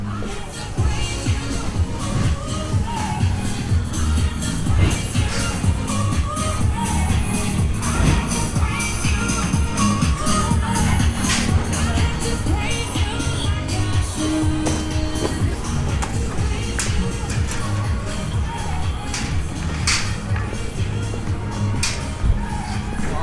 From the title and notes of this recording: Medieval City Walk | City of York | Relaxing Binaural Field Recording. Join us on a walk through the city's medieval streets, as the sounds of cobbled steps, distant church bells, and bustling crowds transport you to a bygone era.